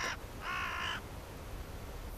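Hooded crow giving a short harsh caw, followed by a fuller, grating caw of about half a second, then only low background rumble.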